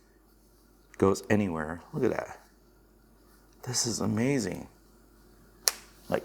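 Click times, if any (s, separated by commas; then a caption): 5.7 s. Someone talks as the screen hinge of an Ayaneo Pocket DS clamshell handheld game console is opened all the way back, and at 5.7 s it gives a sharp click as it locks into its flat 180° detent. The seated hinge feels very sturdy.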